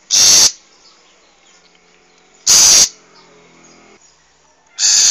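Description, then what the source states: Long-tailed shrike uttering short, grating, buzzy bursts roughly every two and a half seconds, with quiet background between. Wild bird; recording used as a tutor for training cage birds.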